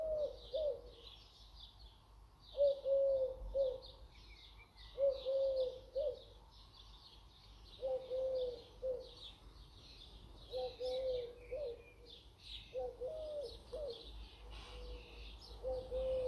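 Garden birds sing in a busy chorus, with a low cooing call repeating roughly every two to three seconds. Higher, thinner chirps and twitters run continuously behind it, and a faint low rumble sits underneath throughout.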